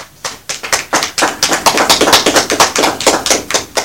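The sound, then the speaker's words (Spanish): Audience applause for the panel speakers at a seminar on the emancipation of indigenous and Afro-descendant peoples: a burst of many hands clapping in a quick, dense rhythm, loud and steady for a few seconds, with no voices over it. “para lo cual yo les pido un aplauso para ellos.”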